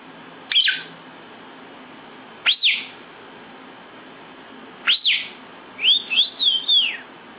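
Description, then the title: Lovebird song of sharp, high downslurred chirps, given singly or in pairs every couple of seconds, ending with a quick run of arched squeaky notes. National champion lovebird with full fill-in song, singing persistently ('full isian gacor'). "Burung Lovebird Juara Nasional Full Isian Gacor"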